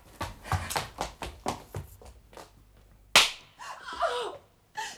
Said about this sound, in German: Von hier aus sah es aus wie eine Ohrfeige.